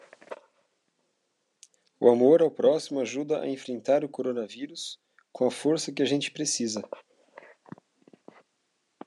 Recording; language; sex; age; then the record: spoken sentence; Brazilian Portuguese; male; 30 to 39 years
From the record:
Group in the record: control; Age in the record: 39 years